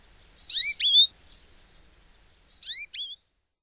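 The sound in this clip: Goldfinch calls: two pairs of bright, quick, bending notes separated by a pause.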